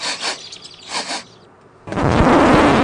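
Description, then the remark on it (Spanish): Small birds flutter and chirp in two brief bright flurries on a sunny day among butterflies and flowers by a house, then a loud, harsh rushing noise suddenly cuts in and fills the rest. “Mariposas, flores, los pajaritos revoloteando y ese hermoso aroma a naturaleza viva.”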